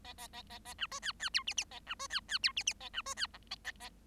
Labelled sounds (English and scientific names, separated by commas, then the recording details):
Bengalese Finch (Lonchura striata domestica) song
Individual Bird7